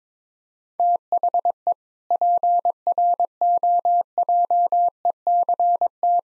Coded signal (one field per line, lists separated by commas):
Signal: Morse code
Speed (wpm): 21 wpm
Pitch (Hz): 700 Hz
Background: none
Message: THE PROJECT